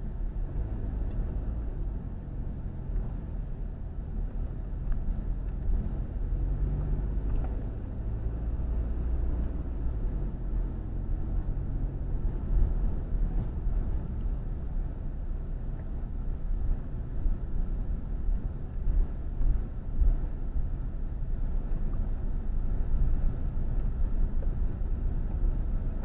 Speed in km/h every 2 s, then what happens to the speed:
15, 15, 16, 19, 23, 24, 21, 18, 16, 16, 15, 15, 15.
0-8 speeds up to 23. 8-26 steady at about 16.